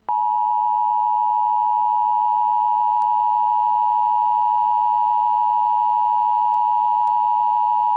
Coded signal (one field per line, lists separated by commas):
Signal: Emergency Alert System (SAME) tones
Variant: 853 and 960 Hz attention tone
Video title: EAS Scenario - AndrewSilverman's Old Channel Invasion By Zakkujennasei (REMASTERED) [Fixed Version]